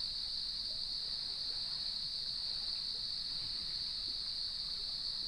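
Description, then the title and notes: Cricket: an even, continuous trill at a high fixed pitch, with low background noise throughout. Evening chorus at sunset on the beach of Lighthouse West Natural Area, Leelanau Peninsula, recorded by gnarled cedar trees with waves in the background. "Sounds of Leelanau Peninsula: Lighthouse West Natural Area. Nature is my Jam"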